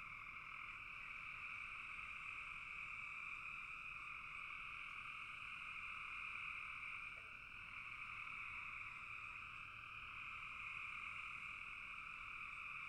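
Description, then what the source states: Many frogs calling together in an unbroken, shimmering high trill, swelling and dipping slightly. Frogs calling in a bog.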